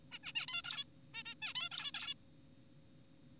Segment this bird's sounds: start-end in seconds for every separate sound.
0.12-0.19, 0.23-0.32, 0.35-0.46, 0.48-0.62, 0.64-0.84, 1.14-1.23, 1.25-1.35, 1.42-1.53, 1.55-1.69, 1.72-1.92, 1.94-2.14